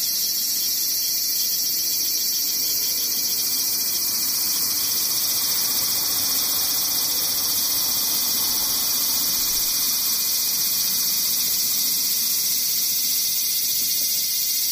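Cicadas drone without a break, a dense, bright, shimmering buzz that holds at the same level for the whole fifteen seconds. The high whine never pauses or pulses noticeably, and a faint low rumble sits underneath it.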